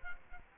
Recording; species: mosquito wingbeat signal from an infrared sensor; Culex quinquefasciatus